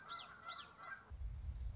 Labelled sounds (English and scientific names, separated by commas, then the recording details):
Common Yellowthroat (Geothlypis trichas)
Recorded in Sonoma County, California